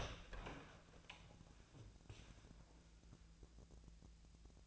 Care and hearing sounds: daily activity, microphone in the room; open door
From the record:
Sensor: 2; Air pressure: 1000.3 hPa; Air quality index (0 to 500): 161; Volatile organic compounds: 3 ppm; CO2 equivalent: 1340 ppm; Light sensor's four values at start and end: 10/24/10/11 and 10/24/10/11

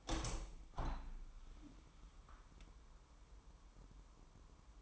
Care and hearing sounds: daily activity, microphone in the room; open window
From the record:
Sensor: 1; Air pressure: 998.6 hPa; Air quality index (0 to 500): 133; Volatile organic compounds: 4 ppm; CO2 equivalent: 1593 ppm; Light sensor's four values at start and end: 9/23/9/11 and 10/23/10/12

